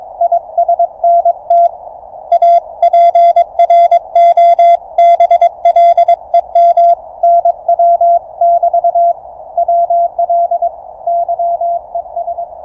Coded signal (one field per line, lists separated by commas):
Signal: Morse code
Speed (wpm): 22 wpm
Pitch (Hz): 690 Hz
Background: none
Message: ISNT A PROBLEM NW <BT> WL YES